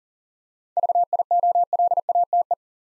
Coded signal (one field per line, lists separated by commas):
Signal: Morse code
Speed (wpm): 42 wpm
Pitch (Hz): 700 Hz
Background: none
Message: VIOLATE